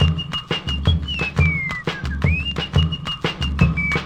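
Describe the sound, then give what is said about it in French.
A bright whistled melody glides and slides between high notes over a steady, punchy rhythmic backing with deep bass thumps, continuous throughout with no talking. “Ils ont déjà été sifflés maintes fois, mais aujourd'hui, c'est eux qui sifflent.”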